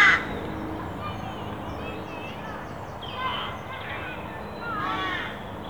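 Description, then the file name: Carrion crow cawing, a few rough harmonic calls after an opening click, with faint chirps and steady background hiss. "Corvus corone"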